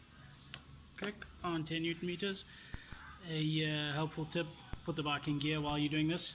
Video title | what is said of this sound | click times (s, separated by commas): Base Fit Product Spot - Traction Disc "Clutch Weight" | we need to close that bad way back up okay but a torque wrench click | 0.5 s